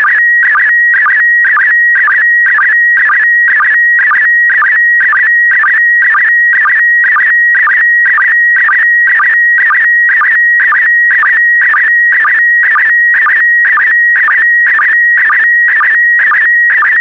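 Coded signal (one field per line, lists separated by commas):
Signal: SSTV (slow-scan television)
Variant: PD120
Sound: steady high tone broken twice a second by warbling chirps and low sync blips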